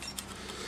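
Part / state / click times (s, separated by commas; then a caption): titanium hinge pin into folding stove panel hinge / seated / 0.2 s. A small titanium pin is wiggled down through the hinge of a folding titanium wood stove (TATO Element 2.2) until it slides fully home and locks in place. A short, sharp click comes at 0.2 s over a steady, noisy background. The pin is seated and locked.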